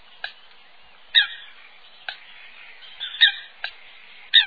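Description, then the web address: Eurasian coot uttering abrupt, squeaky, metallic notes, some doubled, spaced roughly every second over a soft background hiss. Song and calls. "chants et cris foulquemacroule"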